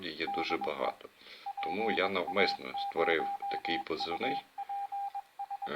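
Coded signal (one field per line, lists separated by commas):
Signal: Morse code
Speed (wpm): 21 wpm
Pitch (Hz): 800 Hz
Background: speech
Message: DE PA0UPS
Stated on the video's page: On-air Morse lesson introducing letters O, T, Z, ?, / with practice CQ calls and number groups.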